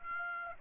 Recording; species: mosquito wingbeat signal from an infrared sensor; Aedes aegypti